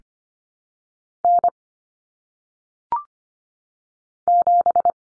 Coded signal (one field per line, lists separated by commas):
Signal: Morse code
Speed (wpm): 25 wpm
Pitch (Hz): 700 Hz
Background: none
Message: N 7